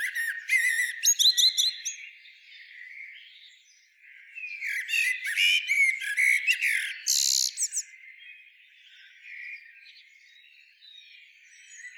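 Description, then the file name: Common blackbird singing: warbled low whistles that break into shrill, scratchy twitters, in two main phrases followed by quieter rambling notes. "Turdus merula"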